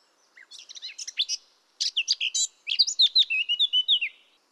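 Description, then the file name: Eurasian blackcap with a hurried scratchy warble, a brief pause, then another warbling phrase that ends in clear, fluting, falling whistled notes. "Sylvia atricapilla"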